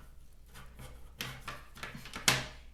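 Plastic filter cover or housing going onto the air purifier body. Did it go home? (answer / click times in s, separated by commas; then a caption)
yes / 2.3 s. After the cleaned HEPA filter, fiberglass piece, screen and round bottom piece are restacked, the plastic filter housing of a Vollara Air and Surface Pro air purifier is lined up and pushed onto the purifier body. A few light knocks and scrapes at about 1.2, 1.5, 1.8 and 2.2 seconds lead to a loud, sharp snap at 2.3 seconds. The cover snaps back into place and is seated.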